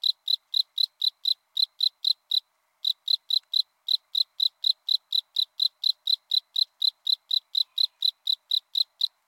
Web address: Crickets and Katydids. Northern Spring Field Cricket, Gryllus veletis